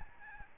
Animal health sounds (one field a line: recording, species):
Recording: mosquito wingbeat signal from an infrared sensor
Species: Aedes albopictus